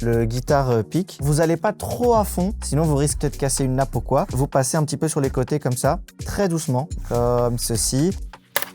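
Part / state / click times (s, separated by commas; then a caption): plastic retaining clip of a laptop bottom cover releasing from the chassis / released / 8.6 s. Someone talks while sliding a plastic guitar pick gently along the vent and speaker edges to lever open the plastic bottom cover of a laptop for cleaning. A sharp snap at 8.6 s marks one of the cover's plastic retaining clips releasing from the chassis, and the clip pops open.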